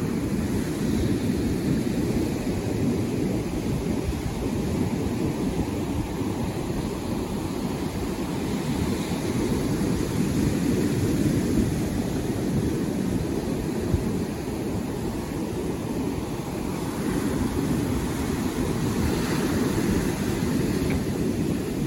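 Surf rumbles steadily on a beach in Florida, a dense, low roar that holds level for the whole stretch without distinct breaking crashes. Faint hiss rides above the rumble, and a brief brighter swell of spray comes through near the end.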